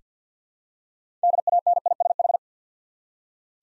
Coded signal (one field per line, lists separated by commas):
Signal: Morse code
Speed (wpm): 47 wpm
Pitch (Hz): 700 Hz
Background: none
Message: DANISH